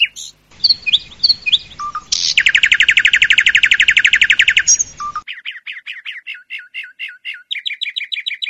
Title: Jalak Suren